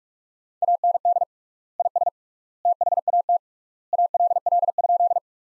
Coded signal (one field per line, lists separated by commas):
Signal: Morse code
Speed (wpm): 42 wpm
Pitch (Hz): 700 Hz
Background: none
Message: AND IS THAT ALL?